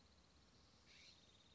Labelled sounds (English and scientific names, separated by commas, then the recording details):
California Scrub-Jay (Aphelocoma californica)
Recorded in Sonoma County, California